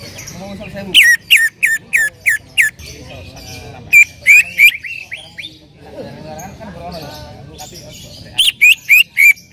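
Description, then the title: Bird song: loud, rapid series of sharp chirping notes in three bursts, with softer twittering between them. "Kicau Burung"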